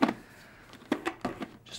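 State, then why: Seated. Pressing the pivot ring and tab on the second side of a plastic visor into the side mount of a Bell Qualifier motorcycle helmet produces a sharp click at 0.0 s as it seats. Several quieter clicks follow at about 0.9, 1.1, 1.3 and 1.4 s, likely the visor's detent ratchet, while it is moved up and down to confirm it is seated.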